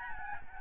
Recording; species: mosquito wingbeat signal from an infrared sensor; Aedes albopictus